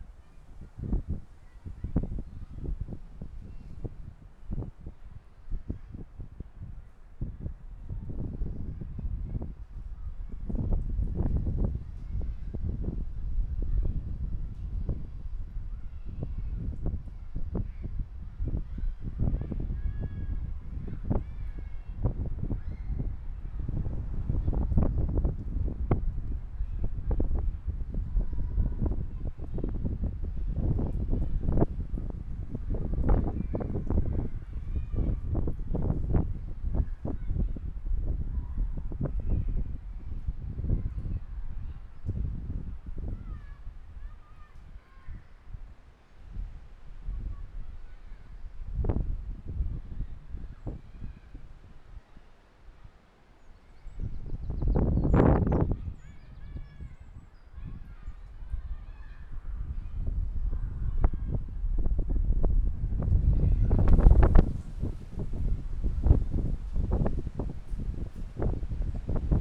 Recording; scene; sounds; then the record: everyday scene through a hearing-aid microphone; wind on the microphone; squally wind, voices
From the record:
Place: parking lot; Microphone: behind the ear, left, rear